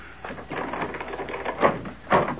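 A door is opened with a run of muffled clunks and rattles, then two sharper knocks of the latch or frame toward the end, with no one speaking.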